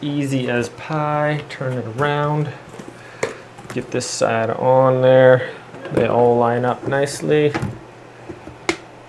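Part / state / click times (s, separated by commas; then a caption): plastic side panel into shoe box frame / seated / 8.7 s. A plastic side panel is lined up and pressed into a plastic shoe box frame while someone talks. It snaps into place with a sharp click at 8.7 s.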